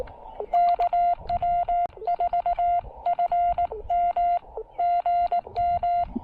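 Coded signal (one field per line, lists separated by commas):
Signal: Morse code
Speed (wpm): 19 wpm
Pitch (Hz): 690 Hz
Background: none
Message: KW4FM GM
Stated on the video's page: Park activation (POTA) powered by solar through a BuddyPole PowerMini 2 charge controller.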